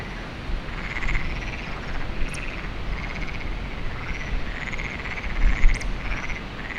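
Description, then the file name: Frog chorus of pulsed croaks steadily repeating, with strong buffeting wind gusts and a couple of brief clicks. Frogs recorded at Lagoa do Canário with wind, binaural recording. "Lagoado Canario frogs wind web binaural"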